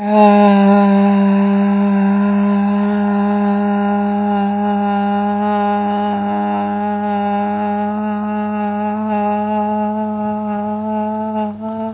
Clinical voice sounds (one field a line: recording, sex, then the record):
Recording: sustained vowel /a/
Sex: female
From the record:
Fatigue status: fatigue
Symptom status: symptomatic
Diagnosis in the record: COVID-19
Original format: 3gp